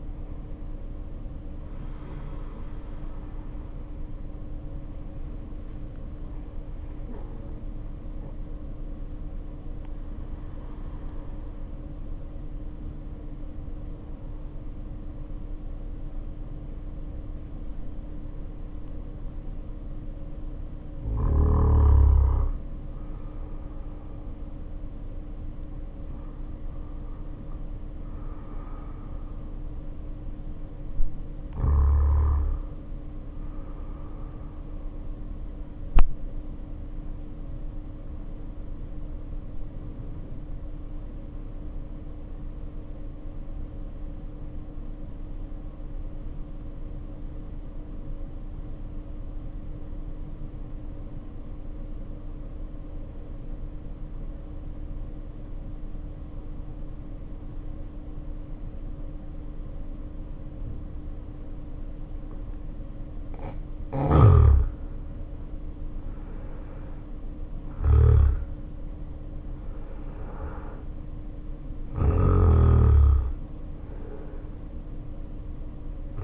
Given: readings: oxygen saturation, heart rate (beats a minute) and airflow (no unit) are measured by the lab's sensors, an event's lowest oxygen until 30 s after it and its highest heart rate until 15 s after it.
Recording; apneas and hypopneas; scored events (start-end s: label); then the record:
breathing in sleep by a smartphone at the bedside; 1
6.00-36.00 s: new sleep stage, N1 (lightest sleep)
36.00-66.00 s: new sleep stage, N2 (light sleep)
37.00-64.40 s: hypopnea (N2, oxygen 95% highest, then 76% lowest, heart rate 53 at the start, 66 highest)
66.00-76.24 s: new sleep stage, N1 (lightest sleep)
From the record:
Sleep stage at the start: N2 (light sleep); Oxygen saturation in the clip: 74 to 95%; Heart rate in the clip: 50 to 72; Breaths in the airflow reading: 16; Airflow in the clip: -2.6 to 2.9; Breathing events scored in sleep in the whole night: 520 in 7.2 hours asleep